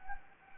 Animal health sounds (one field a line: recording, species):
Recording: mosquito wingbeat signal from an infrared sensor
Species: Anopheles gambiae